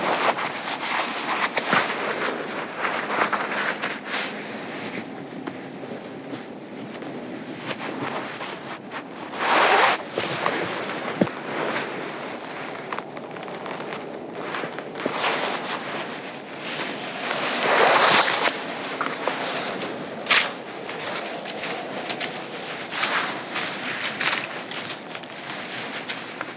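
Footsteps crunch along a trail on a pitch-black night hike, a steady run of scuffs and rustles with clothing brushing. Louder bursts of shuffling stand out near 10 and 18 seconds, and a faint low rumble sits underneath throughout.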